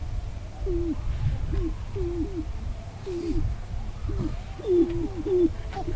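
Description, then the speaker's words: Sharp-tailed Grouse cooing: short, low hooting notes that each bend downward, given singly or in quick pairs at irregular intervals over a steady low rumble. Lekking display in tall prairie grasslands at Wainwright, Alberta. "Yes, so in Wainwright, in the tall prairie grasslands, listening to a sharp-tailed grouse do a little bit of lekking."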